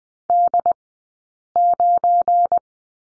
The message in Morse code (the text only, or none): D9